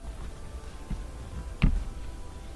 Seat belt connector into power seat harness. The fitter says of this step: that one click okay so